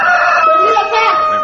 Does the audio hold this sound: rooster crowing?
yes